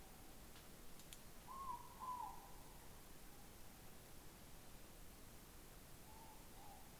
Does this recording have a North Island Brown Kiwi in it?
no